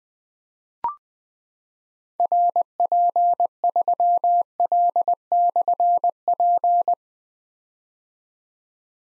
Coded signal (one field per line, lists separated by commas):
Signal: Morse code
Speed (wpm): 20 wpm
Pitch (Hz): 700 Hz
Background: none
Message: RP3L/P